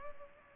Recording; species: mosquito wingbeat signal from an infrared sensor; Culex pipiens